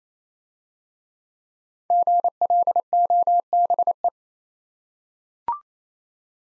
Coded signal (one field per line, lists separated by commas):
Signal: Morse code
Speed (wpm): 27 wpm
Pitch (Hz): 700 Hz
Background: none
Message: GLOBE